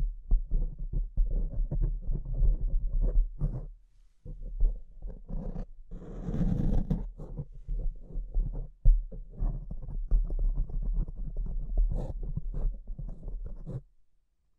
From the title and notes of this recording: ASMR Brain Melting Mic Scratching (No Talking).